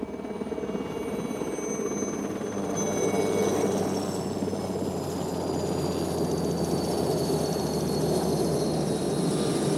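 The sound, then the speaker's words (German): A helicopter drones steadily throughout, its low rotor thrum and engine whine holding a constant, loud level with faint high tonal whistles drifting slightly in pitch. No one speaks. “Komm, sei vernünftig, setz dich in deinen Hubschrauber und sieh daheim nach dem Rechten.”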